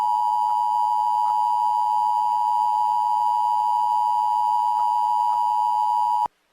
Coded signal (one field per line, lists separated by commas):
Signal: Emergency Alert System (SAME) tones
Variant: 853 and 960 Hz attention tone